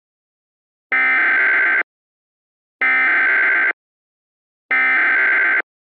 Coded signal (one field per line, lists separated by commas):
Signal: Emergency Alert System (SAME) tones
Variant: header bursts